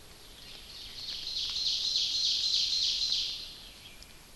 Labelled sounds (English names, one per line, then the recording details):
Ovenbird song
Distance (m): 40 m
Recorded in boreal forest in Alberta, Canada, on 29 May 2016 at 06:02
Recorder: SongMeter 3, array SBT-3-49
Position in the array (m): 70 m, 253 m
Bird 14